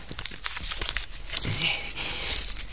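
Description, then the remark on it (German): Dry, crisp paper rustling and crinkling as a small slip of paper is tugged free from a metal foil band on a dead pigeon's leg and opened out, with quick scratchy bursts settling into a steadier papery crackle, no voices. “Na, seht doch mal, sie hat eine Metallfolie am Bein. Aha, da steckt ein Stückchen Papier drin.”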